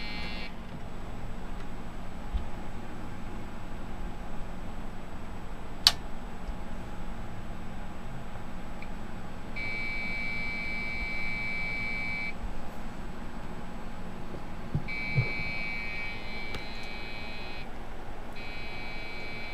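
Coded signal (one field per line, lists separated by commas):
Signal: beep code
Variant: Dell BIOS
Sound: buzzy electronic beeps, each about three seconds long, repeating with equal pauses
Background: faint fan hum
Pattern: repeating long beeps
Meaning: A POST error; the system will not start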